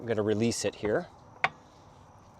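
Someone talks, then releases the pivot latch on a hitch-mounted bike rack so the rack can be swung up into its travel position. A single sharp metallic click is heard at 1.4 s as the tilt latch releases, followed by quiet.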